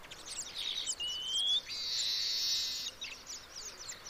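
Baya weaver chatter, rapid high chirps with a rising thin whistle, then a long buzzy wheeze lasting about a second before the chirping resumes.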